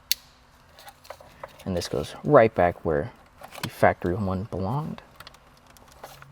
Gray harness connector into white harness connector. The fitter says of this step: Make sure you hear that click when you push it in.